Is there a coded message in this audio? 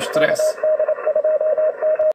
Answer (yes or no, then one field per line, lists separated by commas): yes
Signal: Morse code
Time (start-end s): 0.2-2.1 s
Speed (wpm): 27 wpm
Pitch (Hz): 620 Hz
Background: speech, radio noise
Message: KD2M